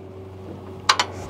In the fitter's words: and it just locks in place ready to go